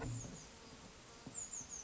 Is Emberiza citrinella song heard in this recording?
no